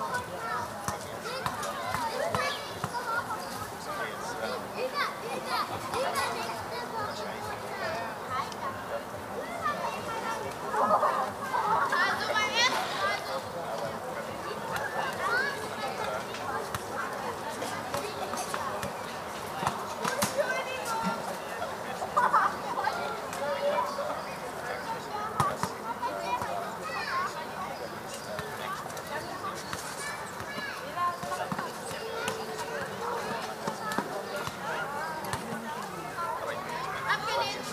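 A summer evening in Berlin, carried by a steady crowd of voices talking over one another, dense and unbroken for the whole stretch. Scattered sharp knocks and clatters pop up every few seconds, and a faint low city hum sits underneath.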